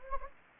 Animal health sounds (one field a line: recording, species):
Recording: mosquito wingbeat signal from an infrared sensor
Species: Anopheles gambiae